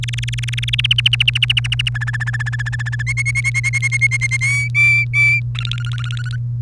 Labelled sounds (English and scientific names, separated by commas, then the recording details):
Domestic Canary (Serinus canaria) song
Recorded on 1 May 2018 at 18:07
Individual llb3